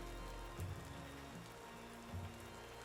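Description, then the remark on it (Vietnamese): Heavy rain with strong wind pours down in a steady, dense hiss, with a low rumbling undertone and a couple of brief deeper thuds. No voices are present. “Ngày hôm sau, dù mưa to gió lớn, nhưng bà Hoáng vẫn sắm sửa được đầy đủ những thứ cần thiết cho việc cúng bái.”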